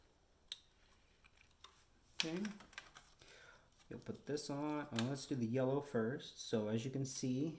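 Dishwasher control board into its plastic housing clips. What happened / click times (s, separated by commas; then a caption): The plastic board housing clipped into place / 0.5 s. A Quiet Partner 2 dishwasher control board, or its plastic cover, is pushed all the way down into its plastic housing until the retaining clips engage, giving one sharp snap at 0.5 s. A few faint ticks and light handling noises follow, and then someone talks. The board is seated with its clips snapped in.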